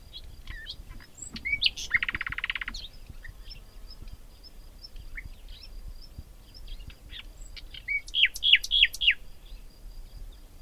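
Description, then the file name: Common nightingale song: a dense buzzy rattle lasting nearly a second, scattered sharp notes, then a short series of several loud repeated whistled notes. "Luscinia megarhynchos"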